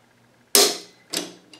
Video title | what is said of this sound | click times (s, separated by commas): How To Assemble & Install A Chamberlain Wi-Fi Garage Door Opener | we just rotate the nut until it snaps in and now it's locked in place | 0.6 s